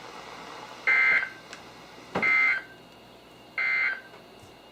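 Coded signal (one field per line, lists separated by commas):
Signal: Emergency Alert System (SAME) tones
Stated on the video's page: NOAA Weather Radio alerts from Sterling, VA via KHB36 162.550, WXM42 162.475, WNG736 162.450 and KEC83 162.400 MHz on various weather radios.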